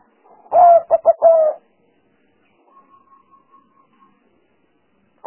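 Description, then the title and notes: Spotted dove cooing phrase of a long note, two clipped notes and a longer note, followed by a faint thin whistled tone. Collection of the most effective spotted dove sounds used as a lure for trapping birds. "Pikat Burung Tekukur Paling Ampuh. Kumpulan suara burung tekukur paling ampuh"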